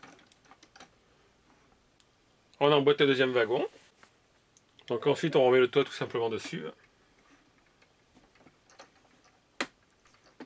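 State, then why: Seated. A plastic brick roof section is put back onto a brick-built TGV toy train car body and pressed down, with light tapping and handling noises throughout while someone talks in two bursts. A single loud, sharp click at 9.6 s marks the roof seating into place.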